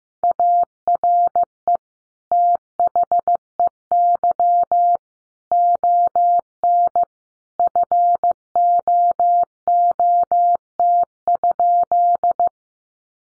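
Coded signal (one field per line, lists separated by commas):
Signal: Morse code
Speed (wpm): 15 wpm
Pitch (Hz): 700 Hz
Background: none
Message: ARE THEY ON FOOT?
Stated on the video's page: Morse code practice at 15 wpm: sentences built from the top 500 words, each sent in Morse, then spoken, then sent again, for head-copy training.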